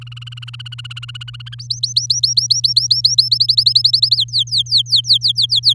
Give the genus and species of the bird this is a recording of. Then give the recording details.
Serinus canaria. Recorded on 8 May 2018 at 05:37. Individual llb16